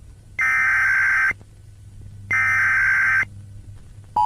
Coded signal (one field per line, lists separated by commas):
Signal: Emergency Alert System (SAME) tones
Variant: header bursts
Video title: Philippine EAS Scenario - Glitch Flood (PT 2)